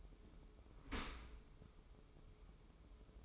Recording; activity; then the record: daily activity, microphone in the room; open dishwasher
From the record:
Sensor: 1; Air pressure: 995.9 hPa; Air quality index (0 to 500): 63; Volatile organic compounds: 2 ppm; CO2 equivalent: 1277 ppm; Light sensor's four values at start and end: 32/111/43/45 and 32/111/43/45